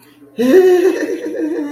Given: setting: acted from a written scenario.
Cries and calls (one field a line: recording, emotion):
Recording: vocal sound without words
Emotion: triumph